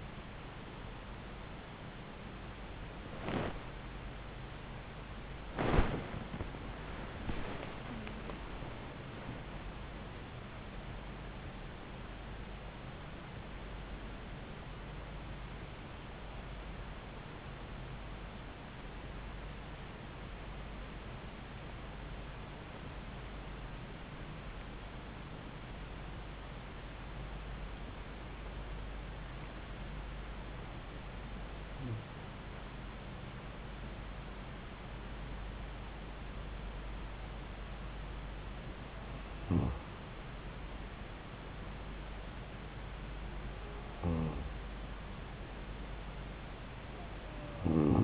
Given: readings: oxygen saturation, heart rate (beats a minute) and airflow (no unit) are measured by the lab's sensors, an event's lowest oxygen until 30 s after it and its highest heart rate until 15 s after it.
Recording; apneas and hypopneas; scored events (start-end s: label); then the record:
breathing in sleep by a voice recorder at the bedside; 1
0.00-21.00 s: awake
18.00-40.90 s: hypopnea (scored as awake, oxygen 97% highest, then 93% lowest)
19.00-48.04 s: new sleep stage, N1 (lightest sleep)
From the record:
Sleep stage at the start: awake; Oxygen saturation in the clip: 89 to 97%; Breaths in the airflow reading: 10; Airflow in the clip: -7.1 to 9.0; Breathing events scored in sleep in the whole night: 270 in 6.1 hours asleep